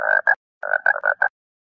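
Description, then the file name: Toad croaks: six short, nasal, reedy bursts in two quick groups, each croak rough and buzzy, followed by silence. "sapito"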